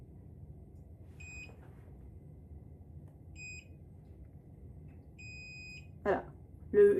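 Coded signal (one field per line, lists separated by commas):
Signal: none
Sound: a hair curler's beeps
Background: speech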